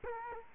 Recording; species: mosquito wingbeat signal from an infrared sensor; Culex quinquefasciatus